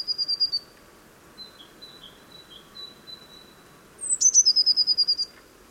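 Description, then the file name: Eurasian blue tit: the end of a fast, high trill, then soft thin repeated notes, then a sharp descending note leading into another rapid trill of about ten pulses. "Cyanistes caeruleus"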